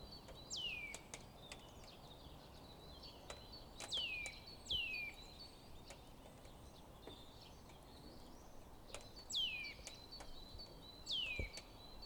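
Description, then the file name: Eurasian nuthatch calls: sharp notes sliding steeply downward, given singly or in quick pairs every few seconds. "Sitta europaea"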